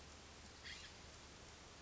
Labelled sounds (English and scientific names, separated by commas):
California Scrub-Jay (Aphelocoma californica)